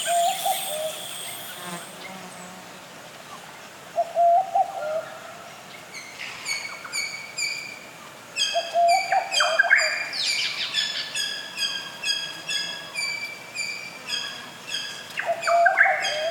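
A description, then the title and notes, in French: Wild Australian bush ambience dense with bird calls: repeated bright chirps and trills fill the upper range, with a lower warbling call returning around 4 and 15 seconds. Quick, regular insect-like ticking runs through the second half over a soft, steady background hiss. Un univers sonore sauvage étonnant mêlant chants d'oiseaux, batraciens, insectes, vent, pluie, orage, mer et geyser. Ambiances de nature australienne.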